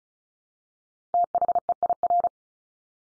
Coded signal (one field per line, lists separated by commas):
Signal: Morse code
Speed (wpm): 34 wpm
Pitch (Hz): 700 Hz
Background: none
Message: THEIR